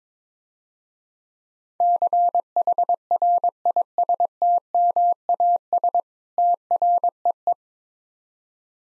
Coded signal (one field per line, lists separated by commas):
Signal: Morse code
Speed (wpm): 22 wpm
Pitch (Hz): 700 Hz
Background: none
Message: CHRISTMAS TREE